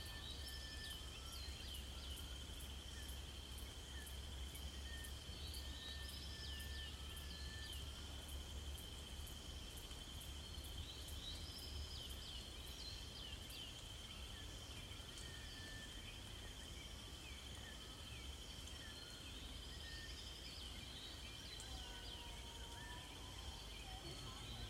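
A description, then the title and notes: Sunrise in a rainforest, with a steady, dense bed of insects and a bright, unbroken whine near the top. Rapid ticking pulses repeat through the first half, while scattered bird calls and chirps rise and fall over a low, constant rumble. Sunrise at Rondo. Sounds from Kenya's Kakamega Rainforest, on Rondo Reserve.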